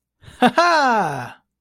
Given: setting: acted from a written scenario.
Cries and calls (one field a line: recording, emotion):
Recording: vocal sound without words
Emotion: elation